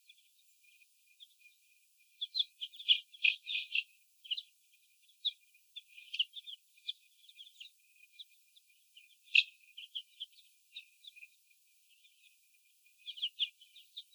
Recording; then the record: young laying hens in a cage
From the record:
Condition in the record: after the stressor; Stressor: sudden umbrella opening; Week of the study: 2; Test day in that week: 1